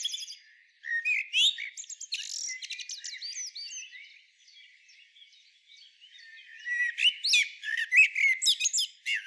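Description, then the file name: Common blackbird song with a long, jumbled run of squeaky, chattering notes, a quieter gap of faint chirps, then another burst of shrill twittering. "Turdus merula"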